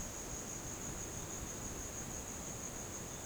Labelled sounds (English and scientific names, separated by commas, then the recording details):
none
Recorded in dense forest near Puerto Asís, Putumayo, Colombia, on 13 March 2025 at 17:30
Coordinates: 0.486, -76.317
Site G053